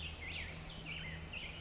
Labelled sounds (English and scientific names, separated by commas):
Black-headed Grosbeak (Pheucticus melanocephalus)